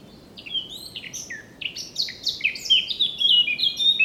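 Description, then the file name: Eurasian blackcap song opening with quick chattering notes and swelling into loud, fluty, down-slurred whistles that carry to the end. "Sylvia atricapilla"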